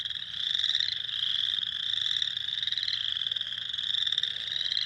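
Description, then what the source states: Spring peepers in full chorus, bright piercing peeps overlapping without pause, plus a faint short whistle or two in the background. Several spring peepers, recorded 6 April 2021.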